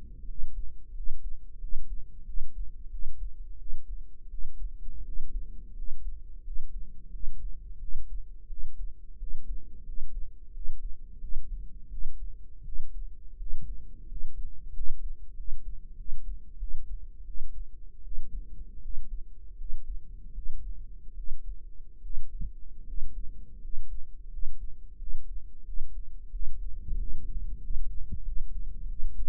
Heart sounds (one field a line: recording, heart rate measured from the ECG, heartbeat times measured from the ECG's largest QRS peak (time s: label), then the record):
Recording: heart sounds by microphone in the right ear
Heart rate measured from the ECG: 86 bpm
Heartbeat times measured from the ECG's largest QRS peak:
0.26 s: heartbeat
0.93 s: heartbeat
1.59 s: heartbeat
2.25 s: heartbeat
2.90 s: heartbeat
3.57 s: heartbeat
4.29 s: heartbeat
5.04 s: heartbeat
5.75 s: heartbeat
6.43 s: heartbeat
7.11 s: heartbeat
7.79 s: heartbeat
8.48 s: heartbeat
9.18 s: heartbeat
9.85 s: heartbeat
10.52 s: heartbeat
11.19 s: heartbeat
11.89 s: heartbeat
12.63 s: heartbeat
13.37 s: heartbeat
14.07 s: heartbeat
14.73 s: heartbeat
15.35 s: heartbeat
15.96 s: heartbeat
16.58 s: heartbeat
17.25 s: heartbeat
18.03 s: heartbeat
18.81 s: heartbeat
19.57 s: heartbeat
20.33 s: heartbeat
21.15 s: heartbeat
22.01 s: heartbeat
22.85 s: heartbeat
23.60 s: heartbeat
24.29 s: heartbeat
24.97 s: heartbeat
25.64 s: heartbeat
26.31 s: heartbeat
26.97 s: heartbeat
27.61 s: heartbeat
28.24 s: heartbeat
28.87 s: heartbeat
From the record:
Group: healthy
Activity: rest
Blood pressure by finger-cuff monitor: 131/74 mmHg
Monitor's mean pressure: 87 mmHg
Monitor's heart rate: 88 bpm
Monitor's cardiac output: 7.6 L/min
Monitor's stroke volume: 87 mL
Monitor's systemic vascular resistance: 830 dyn s/cm5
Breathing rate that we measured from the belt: 14 breaths a minute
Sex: male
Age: 23 years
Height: 179 cm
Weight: 87 kg